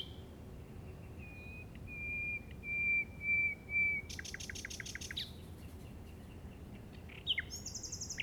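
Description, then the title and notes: Common nightingale song opening with soft level whistles that swell in loudness, followed by a dense rapid rattle and a short sharp phrase. Llobregat Delta, recorded at 06:00 on 8 May 2015 with a Zoom recorder. "Grabación de ruiseñor común (Luscinia megarhynchos) en el Delta del Llobregat a las 06:00 del 08/05/2015."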